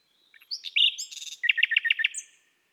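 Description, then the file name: Common nightingale song, one brief phrase of sharp whistles and buzzy notes followed by a quick run of repeated chirps. "Rossignol philomele Chants doiseaux des bois et des forets"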